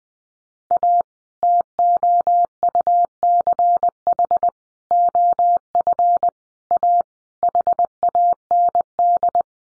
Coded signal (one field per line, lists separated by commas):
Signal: Morse code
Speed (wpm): 20 wpm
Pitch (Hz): 700 Hz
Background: none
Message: A TOUCH OF A HAND